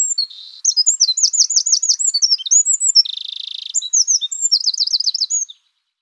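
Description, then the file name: Eurasian wren singing a fast, shrill stream of high notes, with rolling trills, a dense buzzy section midway and another quick trill before it stops. "Troglodytes troglodytes"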